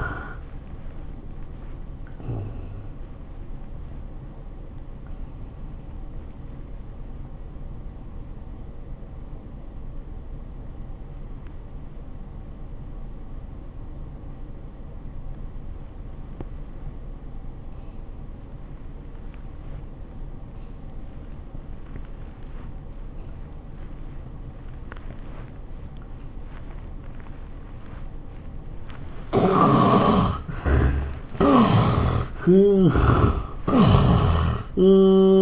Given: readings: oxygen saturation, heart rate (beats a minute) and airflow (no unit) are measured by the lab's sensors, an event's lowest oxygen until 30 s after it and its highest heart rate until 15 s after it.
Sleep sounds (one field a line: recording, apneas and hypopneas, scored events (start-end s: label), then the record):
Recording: breathing in sleep by a smartphone at the bedside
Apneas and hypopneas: 1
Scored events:
2.00-35.42 s: new sleep stage, N1 (lightest sleep)
8.00-29.60 s: obstructive apnea (N1, oxygen 91% highest, then 79% lowest, heart rate 69 at the start, 101 highest)
From the record:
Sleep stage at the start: N2 (light sleep)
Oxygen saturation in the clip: 72 to 91%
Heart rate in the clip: 69 to 100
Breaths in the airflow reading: 4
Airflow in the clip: -11.7 to 10.7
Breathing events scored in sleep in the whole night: 403 in 5.5 hours asleep